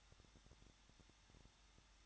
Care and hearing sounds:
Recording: daily activity, microphone in the room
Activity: no activity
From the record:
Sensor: 3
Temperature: 21.2 degrees Celsius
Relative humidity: 36.4%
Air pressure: 1006.4 hPa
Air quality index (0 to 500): 223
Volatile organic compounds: 42 ppm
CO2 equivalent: 3186 ppm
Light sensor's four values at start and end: 2/3/2/2 and 2/3/2/2

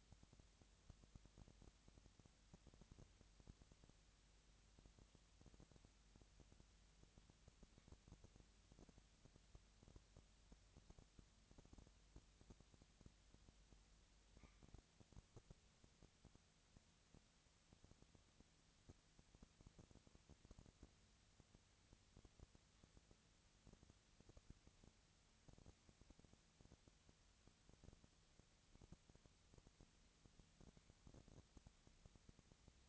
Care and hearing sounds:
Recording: daily activity, microphone in the room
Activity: no activity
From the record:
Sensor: 3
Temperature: 20.6 degrees Celsius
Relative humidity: 35.7%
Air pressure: 998.8 hPa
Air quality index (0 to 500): 236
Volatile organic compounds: 71 ppm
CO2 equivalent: 3526 ppm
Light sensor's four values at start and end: 2/3/2/2 and 2/3/2/2

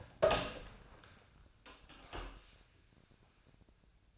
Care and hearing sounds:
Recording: daily activity, microphone in the room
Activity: open door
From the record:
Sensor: 2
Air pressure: 1009.1 hPa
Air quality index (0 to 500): 189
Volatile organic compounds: 3 ppm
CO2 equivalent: 1370 ppm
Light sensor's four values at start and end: 29/77/32/34 and 29/78/33/35

